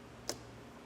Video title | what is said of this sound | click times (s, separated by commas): etrailer - How to Install the Inno Aero Roof Rack Kit - 2024 Nissan Rogue | So once we get it tight enough, you'll hear it pop just like that. | 0.3 s